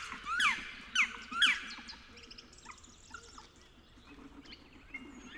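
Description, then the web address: Black woodpecker: three loud ringing calls that rise and fall, then fainter calls and other sounds. "pic noir. oiseaux de nos forets"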